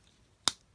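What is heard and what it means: The hanging plastic panels of a Transformers Legacy Deluxe Class Decepticon Wildrider action figure are pushed up into the figure's torso, into their vehicle-mode position, so they won't get in the way of arm articulation. A single sharp, loud click sounds at 0.5 s against near silence. The panels are seated and clicked into place.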